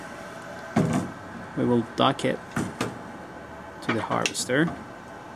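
A seismic sensor unit is being handled for docking into a data harvester dock while someone talks, with a few brief handling knocks in the background. Nothing has seated or clicked into the dock yet.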